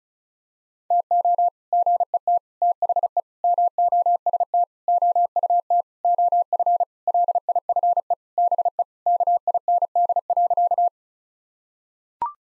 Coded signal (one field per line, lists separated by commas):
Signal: Morse code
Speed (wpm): 34 wpm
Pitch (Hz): 700 Hz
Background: none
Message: TO GET THE MOST OUT OF LIFE BE KIND.